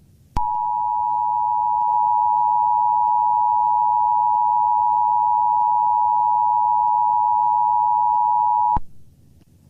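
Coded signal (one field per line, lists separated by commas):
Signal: Emergency Alert System (SAME) tones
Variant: 853 and 960 Hz attention tone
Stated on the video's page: Fictional EAS scenario about lava.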